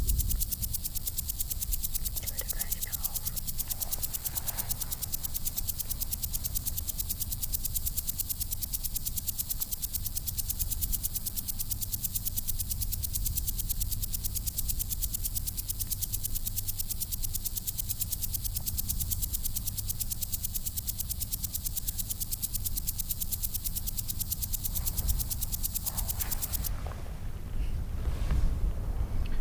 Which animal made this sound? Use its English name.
Common Green Grasshopper